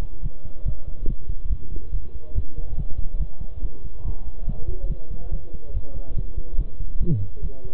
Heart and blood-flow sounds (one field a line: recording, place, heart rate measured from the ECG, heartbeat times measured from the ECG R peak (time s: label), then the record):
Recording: heart sounds by stethoscope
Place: between the tricuspid and mitral areas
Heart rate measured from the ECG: 142 bpm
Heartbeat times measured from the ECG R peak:
0.23 s: heartbeat
0.66 s: heartbeat
1.08 s: heartbeat
1.50 s: heartbeat
1.93 s: heartbeat
2.36 s: heartbeat
2.78 s: heartbeat
3.20 s: heartbeat
3.63 s: heartbeat
4.06 s: heartbeat
4.48 s: heartbeat
4.90 s: heartbeat
5.32 s: heartbeat
5.74 s: heartbeat
6.17 s: heartbeat
6.59 s: heartbeat
7.00 s: heartbeat
7.43 s: heartbeat
From the record:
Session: bicycle stress test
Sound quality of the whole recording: good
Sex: male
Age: 23 years